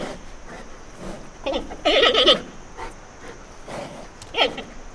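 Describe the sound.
Panda giving short wavering bleats, one clear trembling call near the middle with softer similar calls before and a brief bleat near the end.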